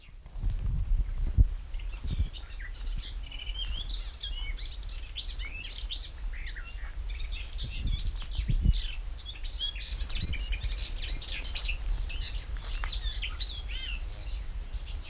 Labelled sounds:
Icterine Warbler (Hippolais icterina)

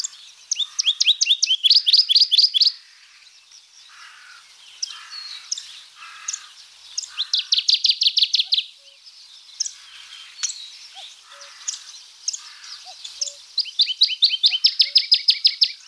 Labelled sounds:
Dusky Warbler (Phylloscopus fuscatus) song

